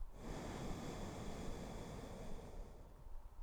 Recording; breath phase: one breath near a microphone; exhalation